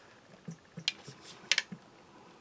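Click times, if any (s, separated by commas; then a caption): 1.5 s. A folding lockback knife blade is swung open and locks with a sharp click at 1.5 seconds, followed by a quick second tick just after. The blade locks up nice and tight, with softer handling clicks before and after.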